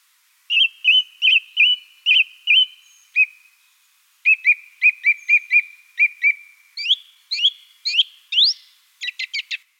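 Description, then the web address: Song thrush song: a short whistled note repeated about six times, a pause, then more repeated phrases ending in a rising note series and a dry rattle. Song, recorded at Wiesloch. "Wiesloch. Singdrossel Gesang"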